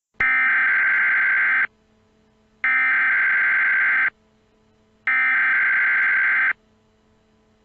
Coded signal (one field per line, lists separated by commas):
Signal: Emergency Alert System (SAME) tones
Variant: header bursts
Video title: EAS Scenario 27: (MINI) Arizona Palo Verde Nuclear Power Plant